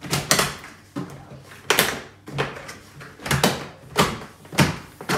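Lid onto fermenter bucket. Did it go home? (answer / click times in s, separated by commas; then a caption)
yes / 0.3 s, 1.7 s. A plastic lid is pressed down onto a plastic fermenting bucket to seal it. Sharp snapping clicks ring out at 0.3 and 1.7 seconds, followed by more clicks and thumps around the rim. The lid is seated and the fermenter is sealed.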